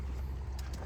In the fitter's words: Oh, a little click there.